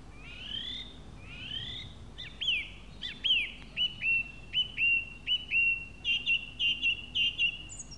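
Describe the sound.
Song thrush song of rising fluty notes, then a crisp whistle repeated many times in a fast, even series.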